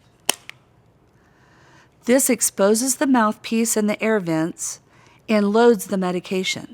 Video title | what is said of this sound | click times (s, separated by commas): Respiclick Dry Powder Inhaler Tutorial | hold the resp C upright it open the cap completely until you hear a click like this | 0.3 s